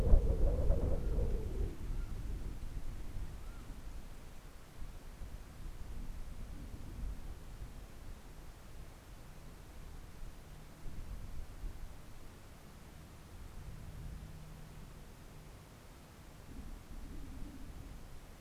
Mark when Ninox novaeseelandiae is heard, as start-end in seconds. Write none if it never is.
0.94-1.20, 1.84-2.18, 3.29-3.70